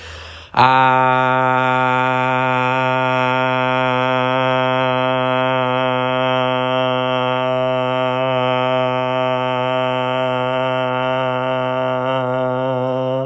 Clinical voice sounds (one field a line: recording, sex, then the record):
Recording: sustained vowel /a/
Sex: male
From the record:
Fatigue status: no fatigue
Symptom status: asymptomatic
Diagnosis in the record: COVID-19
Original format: m4a